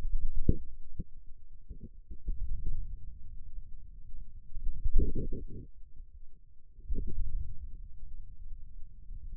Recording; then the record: forearm muscle sounds (acoustic myography)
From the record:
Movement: wrist flexion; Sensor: system 2, bracelet of six BSWA MPA416 microphones around the upper forearm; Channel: 3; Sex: male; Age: 22 years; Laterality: right